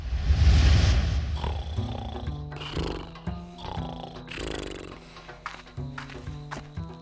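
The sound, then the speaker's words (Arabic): A deep, rumbling lion roar swells loudly for about a second, then gives way to shorter growling bursts mixed with sustained tonal sounds, with no talking. “انتظر يا أسد، انتظر، اترك لنا شيئا.”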